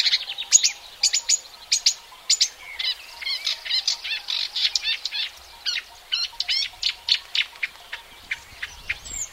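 Marsh warbler song: a rapid, varied medley of clicks, chatters and bright high notes, densely packed and nearly continuous.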